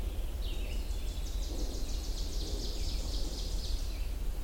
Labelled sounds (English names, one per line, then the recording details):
Ovenbird song
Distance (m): 85 m
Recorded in boreal forest in Alberta, Canada, on 21 June 2016 at 07:28
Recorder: SongMeter 3, array SBT-6-81
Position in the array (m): 15 m, 95 m
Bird 24